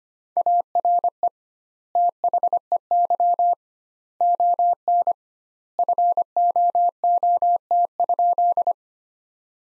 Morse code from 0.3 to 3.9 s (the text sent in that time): ARE THEY